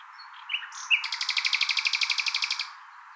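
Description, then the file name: Common nightingale song: a few sharp introductory notes, then a fast, even trill of buzzy repeated notes lasting under two seconds. "Luscinia megarhynchos"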